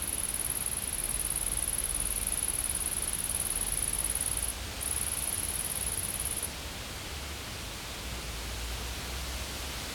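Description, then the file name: Insect trilling in a thin, high continuous buzz with one short gap, falling silent about two-thirds through; low rumble continues after. Insects in a field. "Insects In The Field"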